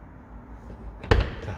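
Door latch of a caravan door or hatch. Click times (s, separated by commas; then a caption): 1.0 s, 1.1 s. A caravan door or hatch on a Starlet Easy 390CP French caravan is pushed shut until its latch catches. Quiet low background noise leads to a short knock at 1.0 s, then a sharp, loud slam-like hit at 1.1 s as the latch clicks shut and seats. A faint residual rumble follows.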